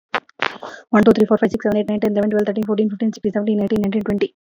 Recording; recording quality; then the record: counting at a fast pace; excellent, no background noise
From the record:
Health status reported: healthy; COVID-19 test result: not tested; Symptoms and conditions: none ticked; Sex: female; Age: 33 years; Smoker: not ticked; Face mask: not worn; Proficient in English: yes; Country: India